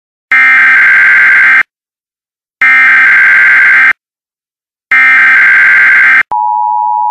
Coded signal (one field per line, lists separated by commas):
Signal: Emergency Alert System (SAME) tones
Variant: header bursts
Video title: EAS Required Monthly Test (April 2008)